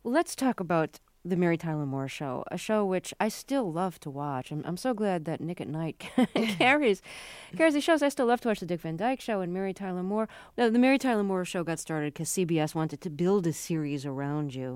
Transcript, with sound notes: Let's talk about "The Mary Tyler Moore Show," a show which I still love to watch. I'm so glad that Nick at Nite (laughter) carries the shows. I still love to watch "The Dick Van Dyke Show" and "Mary Tyler Moore." "The Mary Tyler Moore Show" got started because CBS wanted to build a series around you.